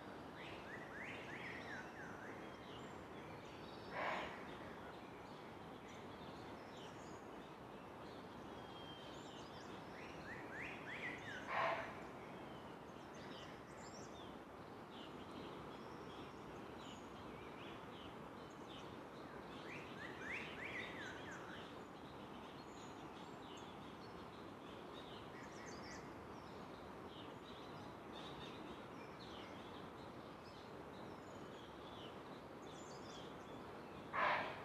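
A morning bird chorus in the Garhwal Himalayas, set against a steady low rushing bed of sound. Scattered chirps and short calls come through the wash, with sharper, louder bird notes standing out near 4, 12, 21 and 34 seconds.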